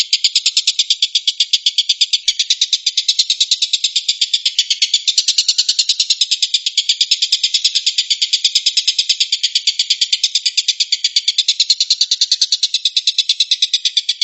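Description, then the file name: Stork-billed kingfisher delivering a long grating rattle of quick, regular pulses, unbroken and uniform throughout. Tengkek buto giving the "tembakan" (shooting) call style. "suara tembakan tengkek buto"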